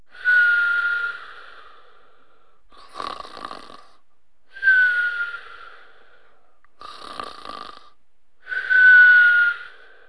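Snoring in an adult sleeper: tonal, whistling snores alternating with rougher, fluttering breath sounds in a repeating cycle.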